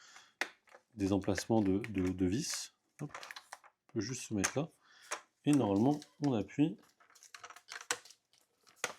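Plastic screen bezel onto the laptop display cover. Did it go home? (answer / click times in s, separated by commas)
yes / 7.9 s, 8.8 s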